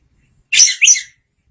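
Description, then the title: Oriental magpie-robin call: two quick high, harsh notes in succession, with silence around them. Chirping song. "Suara Kicauan Burung Kacer"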